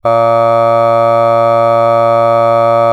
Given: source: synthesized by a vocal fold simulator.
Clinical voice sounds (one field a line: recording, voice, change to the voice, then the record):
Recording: sustained vowel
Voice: male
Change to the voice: aspiration noise (breathiness), level 2 of 10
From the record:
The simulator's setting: 0.26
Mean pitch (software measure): 115 Hz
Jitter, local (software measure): 0.24%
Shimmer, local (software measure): 1.0%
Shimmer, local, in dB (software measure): 0.09 dB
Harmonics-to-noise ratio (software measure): 29.7 dB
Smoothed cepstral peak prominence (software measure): 22.5 dB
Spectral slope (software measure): -17.2 dB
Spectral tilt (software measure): -9.4 dB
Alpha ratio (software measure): -7.6 dB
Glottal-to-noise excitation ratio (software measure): 0.992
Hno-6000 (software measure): 2.3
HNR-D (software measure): 24.0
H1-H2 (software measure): 4.9 dB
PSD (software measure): 2.1e-05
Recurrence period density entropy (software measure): 0.111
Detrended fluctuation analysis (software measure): 0.0543